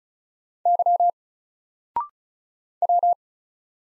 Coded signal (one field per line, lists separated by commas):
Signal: Morse code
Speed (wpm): 36 wpm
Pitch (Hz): 700 Hz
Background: none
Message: Y W